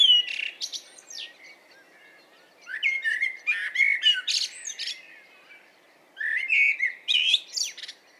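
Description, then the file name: Common blackbird song: mellow fluted whistles near mid pitch, each phrase ending in a squeaky high twitter, three phrases separated by short pauses. "Turdus merula"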